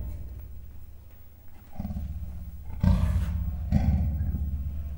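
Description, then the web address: Leopard growls: low, grating bursts begin after a quiet start, with two louder harsh surges about a second apart. Male and female leopards, captive in a zoo in Miskolc, 2009; growling and muffled cries. "allathangok miskolcizoo 2009 standardt leopard himnosteny morgasfojtottkialtas"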